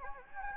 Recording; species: mosquito wingbeat signal from an infrared sensor; Anopheles gambiae